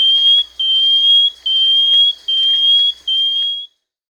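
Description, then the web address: Banded antwren singing a steady series of five drawn-out, thin whistled notes separated by brief pauses, then silence. Peru. "Birds of the Amazon 2. Banded Antwren (Dichrozona cincta), Peru"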